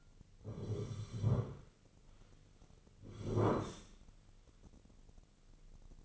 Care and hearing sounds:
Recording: daily activity, microphone in the room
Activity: sit down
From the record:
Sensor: 4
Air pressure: 1010.0 hPa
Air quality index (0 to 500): 184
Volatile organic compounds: 3 ppm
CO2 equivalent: 1328 ppm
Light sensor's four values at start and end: 39/95/40/42 and 39/96/40/43

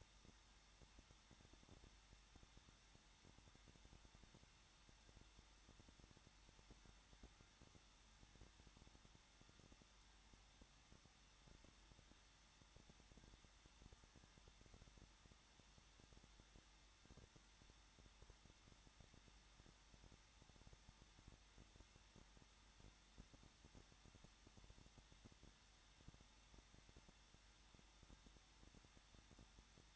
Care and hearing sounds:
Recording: daily activity, microphone in the room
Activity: no activity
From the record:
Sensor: 3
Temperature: 21.2 degrees Celsius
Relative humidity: 36.4%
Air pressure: 1006.4 hPa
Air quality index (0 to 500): 223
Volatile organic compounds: 43 ppm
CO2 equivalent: 3190 ppm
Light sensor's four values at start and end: 2/3/2/2 and 2/3/2/2

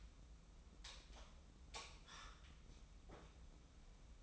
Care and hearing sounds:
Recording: daily activity, microphone in the room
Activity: light off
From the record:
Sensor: 1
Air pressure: 994.4 hPa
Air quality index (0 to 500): 224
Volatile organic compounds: 1000 ppm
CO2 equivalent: 8070 ppm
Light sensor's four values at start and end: 126/290/129/139 and 122/275/123/133

